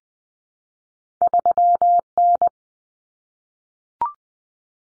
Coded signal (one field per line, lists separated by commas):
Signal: Morse code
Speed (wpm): 20 wpm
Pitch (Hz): 700 Hz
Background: none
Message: 3N